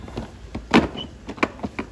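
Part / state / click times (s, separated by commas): infant car seat into its base/stroller adapter / seated / 0.7 s, 1.4 s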